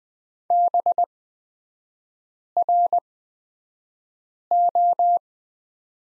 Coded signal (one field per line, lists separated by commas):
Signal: Morse code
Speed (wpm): 20 wpm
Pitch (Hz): 700 Hz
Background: none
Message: BRO